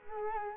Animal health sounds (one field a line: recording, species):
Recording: mosquito wingbeat signal from an infrared sensor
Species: Culex quinquefasciatus